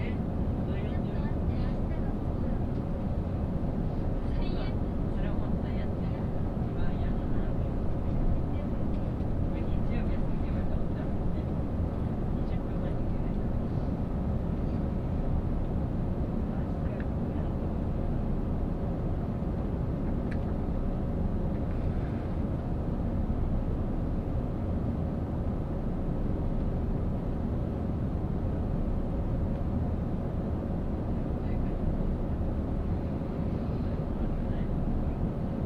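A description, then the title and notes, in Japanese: Inside a limited express train running between stations, a steady, dense low rumble fills the cabin at an even level throughout. Faint brief clicks and what may be murmured voices surface now and then over the constant drone of the moving train. 鉄道旅 予讃線特急いしづち101号 今治→松山。列車はアンパンマン編成の5両で4両が自由席になります。意外と学生が通学で利用するので混雑しています。停車駅は伊予北条のみで35分くらいノンストップになります。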